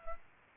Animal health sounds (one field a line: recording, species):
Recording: mosquito wingbeat signal from an infrared sensor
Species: Aedes aegypti